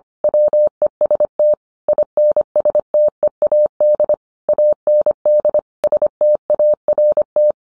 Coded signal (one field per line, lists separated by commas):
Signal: Morse code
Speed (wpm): 25 wpm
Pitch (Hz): 600 Hz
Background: none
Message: WEST INSTEAD AND START